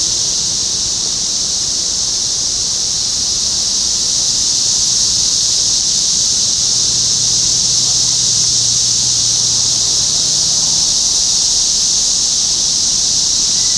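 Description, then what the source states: Unbroken cicada chorus, a loud sizzling high drone, with a brief faint low hum partway through. Topeka, Kansas, 14 June 2015.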